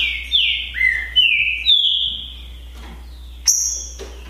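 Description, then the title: Green-winged saltator singing a phrase of several loud slurred whistles, then after a pause a single sharp high note, over a low hum. Song contest between two birds named Naval and Demolidor, 2022 season. "É UMA DISPUTA DE TRINCA FERRO PERFEITA!! NAVAL VS DEMOLIDOR 2022!"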